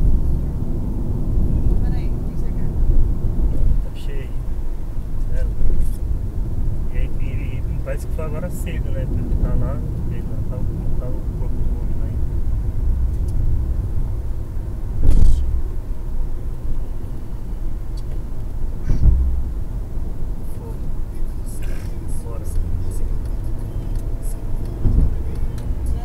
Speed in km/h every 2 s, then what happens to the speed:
69, 70, 70, 71, 72, 72, 73, 75, 74, 72, 71, 74, 80.
0-20 steady at about 72. 20-26 speeds up to 80.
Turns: none.